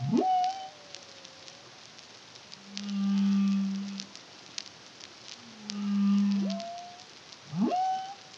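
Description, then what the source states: Humpback whale song: a rising whoop into a long falling tone, two swelling low hums, then further upward whoops, with clicking crackle in the background. Caribbean, CARIMAM project, 2023.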